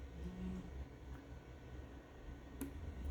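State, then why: Seated. While reassembling a Moto E6 phone, the flex cable connector of the charging sub-board is pressed onto its board socket, giving a small, sharp snap at 2.6 s over faint background noise. Afterwards the connector sits flat instead of lifting, showing it actually connected rather than just resting on top.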